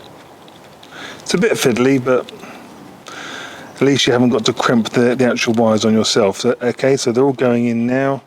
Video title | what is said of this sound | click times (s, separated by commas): BMW LED EMBLEM DISC PART 2 FITTING TIPS | until you hear them click it's | 0.5 s, 0.8 s